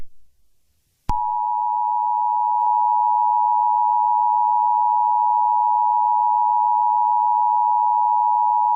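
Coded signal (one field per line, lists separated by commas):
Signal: Emergency Alert System (SAME) tones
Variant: 853 and 960 Hz attention tone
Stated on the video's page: Fictional EAS scenario.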